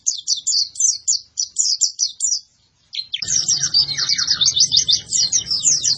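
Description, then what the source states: White-eye giving quick repeated high chirps, then after a short pause a dense, continuous twittering warble over a low hum. Pleci (white-eye) singing in gacor style, used for training cage birds.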